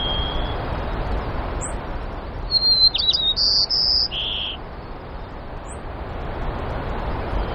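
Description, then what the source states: White-crowned sparrow song: a clear whistled opening, then brief flat high whistles and a lower note, over steady low background rumble with faint high chips. Recorded in Denali, Alaska, on 12 May 2016, in the morning.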